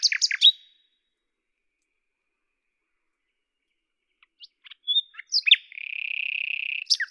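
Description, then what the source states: Common nightingale song: brief rapid notes, a long pause, then scattered clicks and chirps leading to a fast, buzzy, sustained trill. At Lavours, France, on 10 May 1998; Tascam DAP-1 with Télingua microphone, edited in Samplitude 5.1.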